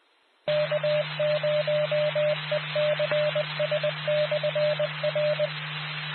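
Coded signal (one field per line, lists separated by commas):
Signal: Morse code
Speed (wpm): 20 wpm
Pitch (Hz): 600 Hz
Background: none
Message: K0ECS/R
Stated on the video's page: Morse ident of a 145.47 MHz RACES and Skywarn repeater.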